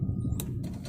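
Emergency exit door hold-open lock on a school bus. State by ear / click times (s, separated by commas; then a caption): seated / 0.4 s. During a school bus pre-trip inspection, the rear emergency exit door is swung open until its hold-open lock engages. Over a low rumble, a sharp click lands at 0.4 s and a fainter knock follows at 0.6 s. The door locks into place.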